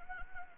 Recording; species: mosquito wingbeat signal from an infrared sensor; Anopheles gambiae